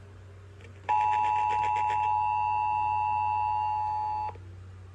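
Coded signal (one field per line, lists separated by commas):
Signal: Emergency Alert System (SAME) tones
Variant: 853 and 960 Hz attention tone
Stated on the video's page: Compilation of received Florida severe weather EAS alerts.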